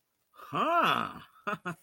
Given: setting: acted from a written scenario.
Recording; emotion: vocal sound without words; interest